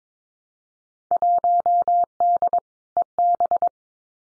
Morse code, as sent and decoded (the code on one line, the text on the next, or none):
.---- -.. / . -...
1D EB